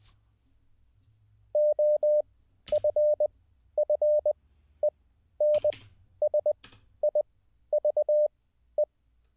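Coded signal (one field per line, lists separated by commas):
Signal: Morse code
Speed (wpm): 20 wpm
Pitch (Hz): 600 Hz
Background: none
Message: OFFENSIVE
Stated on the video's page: Morse code learning practice, streamed live as a daily session.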